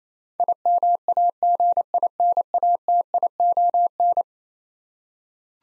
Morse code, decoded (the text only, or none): IMAGINATION